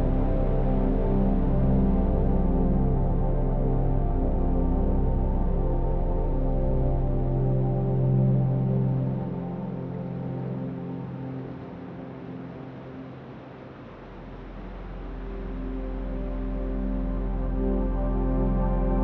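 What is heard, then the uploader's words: Wind chimes ring in a soft, blended wash of many overlapping sustained tones, mostly low and middle pitched with no sharp strikes standing out. The sound thins and quiets between about ten and fourteen seconds, then swells back to its earlier level. A Calming Ambience of Gentle Wind Chimes for Relaxation, Sleep and Focus. Immerse yourself in the serene atmosphere of a gentle breeze blowing through chimes, transporting you to a peaceful garden.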